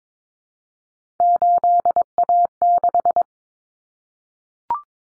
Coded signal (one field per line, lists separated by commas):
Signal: Morse code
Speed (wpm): 22 wpm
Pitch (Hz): 700 Hz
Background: none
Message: 8A6